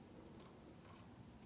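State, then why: Not seated. A power supply cable plug is handled at the component's power socket, lined up to go in. Only steady low handling noise is heard with no distinct transients. Nothing has seated or clicked yet.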